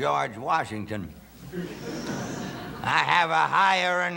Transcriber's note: laughter